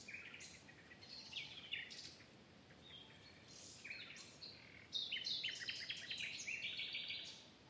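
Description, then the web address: Bird song: bursts of high chirps and trills, dense and overlapping, louder toward the end, over a steady hiss. "cianscape birddata Deverinetal Bird Only Lu Me"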